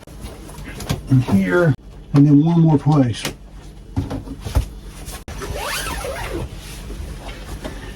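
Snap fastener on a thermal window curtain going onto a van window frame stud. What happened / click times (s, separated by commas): A press-stud snap clicks onto its stud / 0.8 s, 0.9 s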